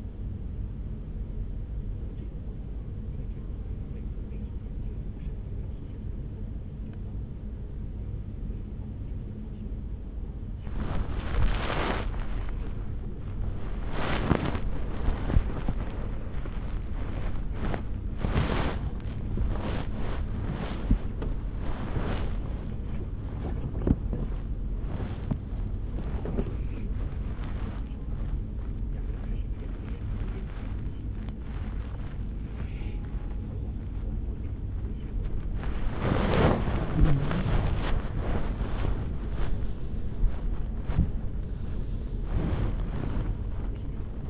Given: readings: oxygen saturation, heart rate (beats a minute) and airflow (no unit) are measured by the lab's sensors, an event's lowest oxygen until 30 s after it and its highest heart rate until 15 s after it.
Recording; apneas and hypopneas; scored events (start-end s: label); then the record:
a person awake in a sleep study, by a smartphone at the bedside; none
0.00-44.30 s: awake
From the record:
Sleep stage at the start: awake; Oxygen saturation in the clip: 94 to 96%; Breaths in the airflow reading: 13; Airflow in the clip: -8.5 to 6.2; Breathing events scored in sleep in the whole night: 335 in 6.7 hours asleep